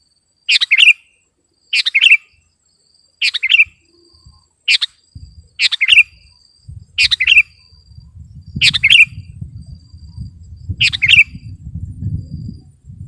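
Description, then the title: Sooty-headed bulbul giving eight brief chirpy, bubbling phrases, spaced a little apart, while a low rumbling background grows louder toward the end. "kutilang"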